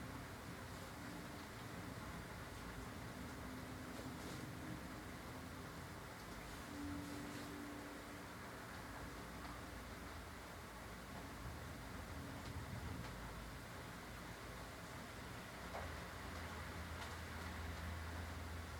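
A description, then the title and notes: Steady rain hisses evenly throughout, with a low rumble of traffic beneath and a few faint drips and taps now and then. The stormy weather rolled in around South London. My room is situated within a block of flats.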